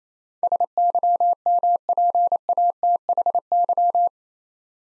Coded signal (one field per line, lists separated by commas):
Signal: Morse code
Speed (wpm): 29 wpm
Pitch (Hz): 700 Hz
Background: none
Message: SYMPATHY